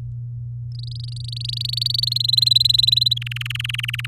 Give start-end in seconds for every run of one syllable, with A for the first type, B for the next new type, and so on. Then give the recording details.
0.72-2.18 A, 2.20-3.13 B, 3.16-4.06 C. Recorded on 7 May 2018 at 17:14. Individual llb16